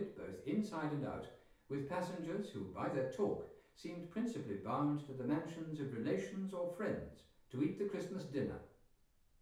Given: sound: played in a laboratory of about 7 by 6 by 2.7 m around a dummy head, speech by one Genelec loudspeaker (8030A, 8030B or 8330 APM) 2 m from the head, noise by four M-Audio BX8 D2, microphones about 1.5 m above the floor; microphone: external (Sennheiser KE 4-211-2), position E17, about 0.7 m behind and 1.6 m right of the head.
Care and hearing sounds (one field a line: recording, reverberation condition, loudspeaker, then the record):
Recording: male speech in English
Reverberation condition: medium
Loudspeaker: 60 degrees to the left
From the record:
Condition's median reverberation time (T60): about 510 ms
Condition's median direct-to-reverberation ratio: about -0.5 dB